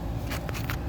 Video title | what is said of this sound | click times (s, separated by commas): Allister Larko Mk IV slide gate operator | sure both of them will lock in place you'll hear it click | 0.5 s, 0.7 s